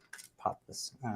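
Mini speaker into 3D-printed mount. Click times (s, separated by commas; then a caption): 0.1 s. A mini oval speaker is press-fitted into a 3D-printed plastic mount, giving a small, sharp pop at 0.1 s as it seats. Someone talks over and after the fit.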